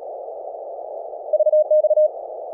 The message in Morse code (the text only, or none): VX